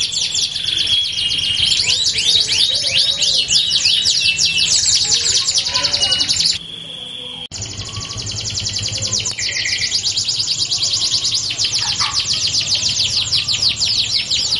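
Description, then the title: Canary song, dense fast trills and chattering phrases, briefly dropping to a quieter pause midway before the rolling song resumes. Belgian canary song used to warm up and stimulate canaries to sing; said to make canaries respond and join in within seconds. "Canto Para Esquentar Canário Belga. LANGSUNG NYAUT. Pancingan suara kenari hitungan detik langsung ikut bunyi"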